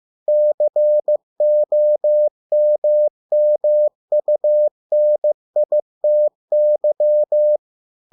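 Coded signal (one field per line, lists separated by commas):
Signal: Morse code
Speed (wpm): 15 wpm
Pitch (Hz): 600 Hz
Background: none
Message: COMMUNITY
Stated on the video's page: Morse practice of 100 English words at 15 WPM, for copying by ear.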